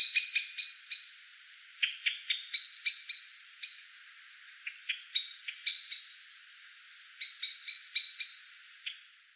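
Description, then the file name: Common blackbird calls, a loud run of sharp clipped notes at the start, then scattered shorter chinking notes repeating irregularly, fading at the end. "Turdus merula"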